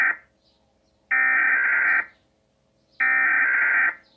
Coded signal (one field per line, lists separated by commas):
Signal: Emergency Alert System (SAME) tones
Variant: header bursts